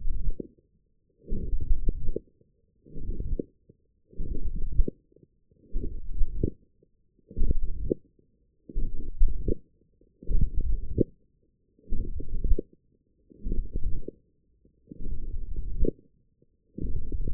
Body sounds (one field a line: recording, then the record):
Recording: forearm muscle sounds (acoustic myography)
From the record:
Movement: forearm supination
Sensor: system 1, eight BSWA MPA416 microphones around the upper forearm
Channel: 5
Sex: male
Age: 21 years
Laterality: right